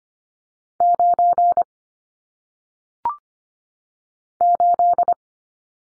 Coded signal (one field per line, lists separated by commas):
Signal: Morse code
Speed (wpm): 25 wpm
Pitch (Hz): 700 Hz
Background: none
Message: 9 8